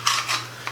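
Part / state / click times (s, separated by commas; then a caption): pistol into inside-waistband holster / not seated / none. A cleared Glock 23 pistol is pushed down into a Kydex-style inside-waistband holster, making a short scrape and rub at 0.1 s and a faint tap at 0.7 s. It goes in with only pressure as it seats and no decisive lock-in, so the pistol fails to lock into the holster and nothing has clicked.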